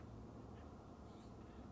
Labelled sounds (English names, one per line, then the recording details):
Acorn Woodpecker
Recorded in Sonoma County, California